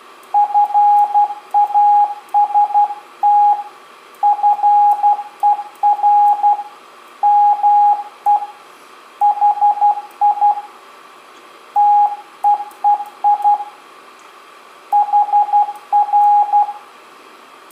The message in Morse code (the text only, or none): FAST FER ME HI TEEI HR